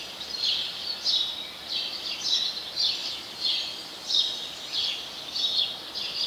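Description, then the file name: House sparrow chirps come in an irregular stream of short bright notes over steady hiss. "Passer domesticus"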